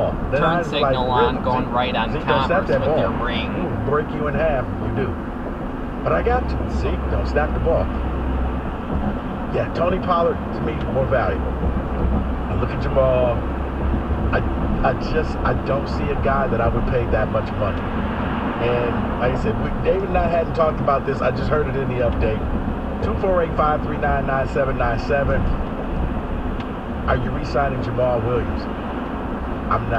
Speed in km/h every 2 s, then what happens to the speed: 98, 97, 97, 101, 101, 101, 105, 108, 108, 103, 100, 95, 93, 93, 97.
6-17 steady at about 101. 17-22 slows to 95. 22-30 steady at about 93.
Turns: none.